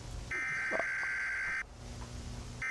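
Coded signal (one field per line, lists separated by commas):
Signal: Emergency Alert System (SAME) tones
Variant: header bursts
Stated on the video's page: Tones heard within an indie analog-horror game, not a real broadcast.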